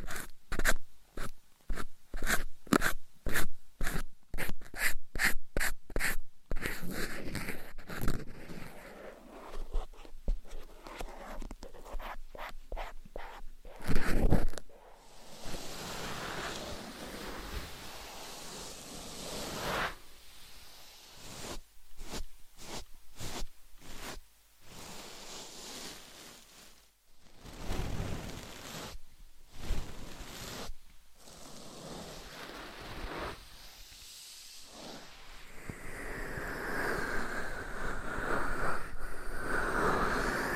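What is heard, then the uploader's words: Dry scratching and tapping on different items and with nails. A rapid run of crisp, regular scratches fills the first six seconds, then softer rubbing and brushing strokes follow with brief pauses, scattered sharp taps near 15, 27 and 31 seconds, and a brighter, hissier scraping stretch at the end. ASMR Deep Ear Attention Scratching , Tapping & Massage with Different Items & Nails No Talking.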